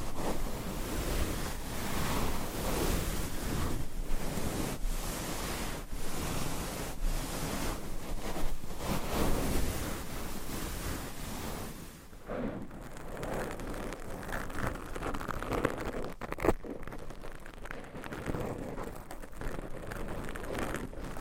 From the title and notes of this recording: ASMR Mic Scratching - Brain Scratching Layered Asmr No Talking for Sleep with Long Nails.